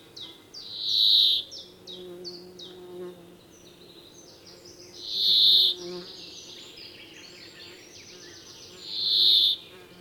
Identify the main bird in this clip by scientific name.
Fringilla montifringilla